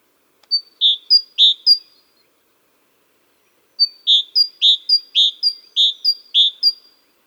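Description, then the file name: Great tit song: a short series of high, clipped two-part notes, a pause, then a longer run of the same. "Parus major"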